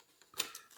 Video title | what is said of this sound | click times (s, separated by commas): Recensione del PHOLSY Manuale Adattatore per Lente: Compatibile con Obiettivi Canon EF (EF-S) e Corp | Voilà. Et clic. | 0.4 s